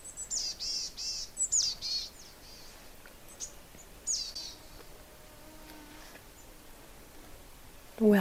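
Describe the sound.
Boreal chickadee producing a string of wheezy, buzzy high notes in quick succession, then a lone buzzy note later, against faint background noise.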